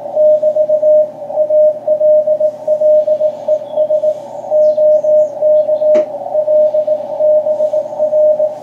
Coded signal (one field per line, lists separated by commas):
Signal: Morse code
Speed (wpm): 18 wpm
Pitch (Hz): 610 Hz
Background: radio noise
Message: <BT> ALLES OK LBR